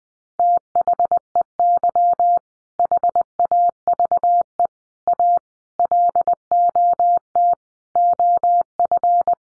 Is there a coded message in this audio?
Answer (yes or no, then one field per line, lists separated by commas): yes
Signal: Morse code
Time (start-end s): 0.4-9.3 s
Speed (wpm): 20 wpm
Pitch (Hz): 700 Hz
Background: none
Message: THEY HAVE A LOT OF